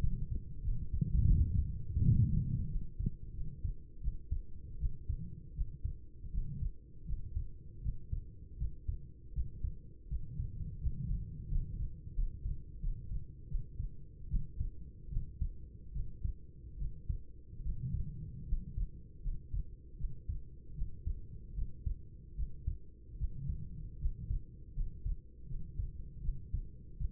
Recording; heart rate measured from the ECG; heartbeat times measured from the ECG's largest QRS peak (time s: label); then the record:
heart sounds by stethoscope; 80 bpm
0.61 s: heartbeat
1.26 s: heartbeat
2.03 s: heartbeat
2.68 s: heartbeat
3.33 s: heartbeat
4.00 s: heartbeat
4.78 s: heartbeat
5.53 s: heartbeat
6.30 s: heartbeat
7.04 s: heartbeat
7.81 s: heartbeat
8.57 s: heartbeat
9.32 s: heartbeat
10.07 s: heartbeat
10.79 s: heartbeat
11.47 s: heartbeat
12.13 s: heartbeat
12.79 s: heartbeat
13.47 s: heartbeat
14.27 s: heartbeat
15.09 s: heartbeat
15.92 s: heartbeat
16.77 s: heartbeat
17.61 s: heartbeat
18.44 s: heartbeat
19.21 s: heartbeat
19.96 s: heartbeat
20.73 s: heartbeat
21.53 s: heartbeat
22.34 s: heartbeat
23.16 s: heartbeat
23.97 s: heartbeat
24.73 s: heartbeat
25.46 s: heartbeat
26.20 s: heartbeat
26.96 s: heartbeat
From the record:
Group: healthy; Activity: rest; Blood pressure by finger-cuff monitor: 102/56 mmHg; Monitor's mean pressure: 70 mmHg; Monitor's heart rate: 79 bpm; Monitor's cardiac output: 7.1 L/min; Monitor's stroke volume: 89 mL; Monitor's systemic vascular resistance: 740 dyn s/cm5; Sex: female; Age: 26 years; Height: 165 cm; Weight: 55 kg